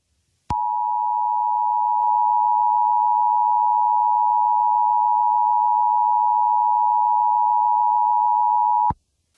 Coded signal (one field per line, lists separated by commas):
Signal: Emergency Alert System (SAME) tones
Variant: 853 and 960 Hz attention tone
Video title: EAS Scenario #8: Total Blackout